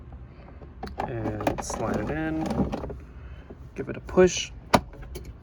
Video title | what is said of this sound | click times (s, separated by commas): 1996-2004 Montero Sport Cabin Filter Install | pops into place | 4.7 s